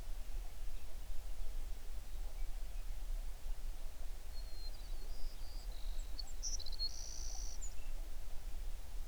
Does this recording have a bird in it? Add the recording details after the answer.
yes. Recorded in the Prudhoe Bay oil fields, Alaska, on 11 June 2019 at 05:36. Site 21